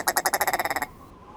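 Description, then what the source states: Willow Ptarmigan call, a fast hoarse rattle of many staccato pulses in under a second, followed by quiet. Chicken-sized bird of the northern tundra known for its giddy voice.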